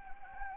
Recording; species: mosquito wingbeat signal from an infrared sensor; Anopheles gambiae